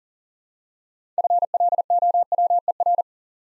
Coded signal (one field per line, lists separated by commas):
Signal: Morse code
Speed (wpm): 42 wpm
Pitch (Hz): 700 Hz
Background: none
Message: FLOWER